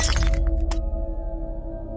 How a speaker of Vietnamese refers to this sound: Bất ngờ đứa bé từ từ ngửa cái đầu ra, rồi nó đập thẳng cái khuôn mặt của nó vào tấm gương, tựa như là nó muốn từ trong gương phá ra mà chui ra vậy. Bộp, cho đến khi choang, là tiếng tấm gương đã bị vỡ.